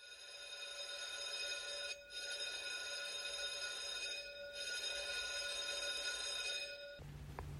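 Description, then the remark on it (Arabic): An electric call bell rings loudly and steadily in three long bursts with brief breaks between them, a dense metallic jangle of high tones that stops abruptly. “تستطيع أن تضغط على زر الجرس الداني من إصبعك، لكن مع الحذر.”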